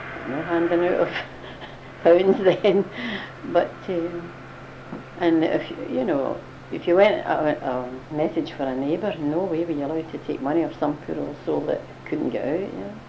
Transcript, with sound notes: No handing out of pounds then. [laughs] But eh, and if you know, if you went a message for a neighbour, no way were you allowed to take money off some poor old soul that couldn't get out, you know.